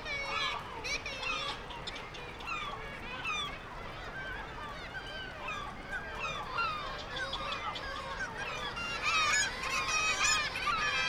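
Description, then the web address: Black-legged kittiwakes calling as a dense colony chorus, many nasal, wavering calls overlapping continuously without a pause. "sound Black-legged-kittiwake. صدای-پرنده-کاکایی-پاسیاه"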